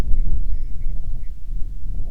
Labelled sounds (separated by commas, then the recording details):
bird, wind
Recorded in the Prudhoe Bay oil fields, Alaska, on 25 July 2019 at 01:49
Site 11